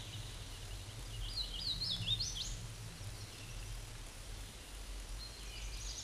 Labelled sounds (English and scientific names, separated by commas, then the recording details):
Hooded Warbler (Setophaga citrina) song
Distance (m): 20 m
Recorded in a Pennsylvania forest on 18 May 2023 at 12:59
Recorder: AudioMoth, point grid1_13_low
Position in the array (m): 154 m, 130 m